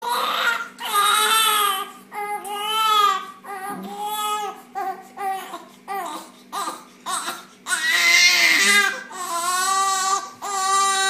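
A newborn cries in repeated sustained wails with short gasping pauses between them. The cry is high-pitched and tonal, with a steady rhythm of breath-length bursts, typical of a healthy newborn's cry. A faint low hum runs in the background.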